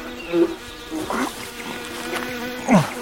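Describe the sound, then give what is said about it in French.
Iridescent flies buzz and lay eggs on a dead body, in a steady low drone, with a few louder passes that swell and dip in pitch as individual insects swoop by, about three distinct surges over the continuous hum. “Une fourmilière s'est attaquée au corps d'Everaldo et des mouches irisées bourdonnent et pondent sur lui.”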